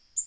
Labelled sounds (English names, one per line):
Black-throated Green Warbler flight call